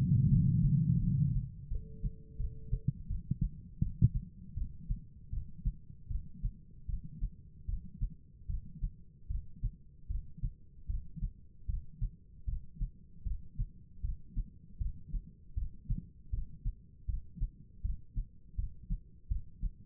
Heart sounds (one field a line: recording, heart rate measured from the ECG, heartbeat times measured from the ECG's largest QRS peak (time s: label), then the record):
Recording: heart sounds by stethoscope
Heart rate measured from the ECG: 79 bpm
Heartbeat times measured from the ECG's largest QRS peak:
0.29 s: heartbeat
1.00 s: heartbeat
1.68 s: heartbeat
2.37 s: heartbeat
3.08 s: heartbeat
3.80 s: heartbeat
4.55 s: heartbeat
5.30 s: heartbeat
6.08 s: heartbeat
6.87 s: heartbeat
7.66 s: heartbeat
8.47 s: heartbeat
9.28 s: heartbeat
10.08 s: heartbeat
10.87 s: heartbeat
11.67 s: heartbeat
12.46 s: heartbeat
13.24 s: heartbeat
14.02 s: heartbeat
14.78 s: heartbeat
15.55 s: heartbeat
16.31 s: heartbeat
17.06 s: heartbeat
17.82 s: heartbeat
18.56 s: heartbeat
19.28 s: heartbeat
From the record:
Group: healthy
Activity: rest 0-3 s, Valsalva maneuver 3-20 s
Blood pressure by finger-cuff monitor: 157/102 mmHg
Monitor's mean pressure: 123 mmHg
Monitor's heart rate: 79 bpm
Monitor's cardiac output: 4.8 L/min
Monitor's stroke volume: 61 mL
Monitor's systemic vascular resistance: 1840 dyn s/cm5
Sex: female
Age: 51 years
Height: 162 cm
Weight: 70.04 kg